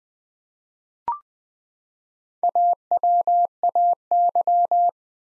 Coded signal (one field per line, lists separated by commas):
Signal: Morse code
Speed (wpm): 21 wpm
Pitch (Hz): 700 Hz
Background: none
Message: AWAY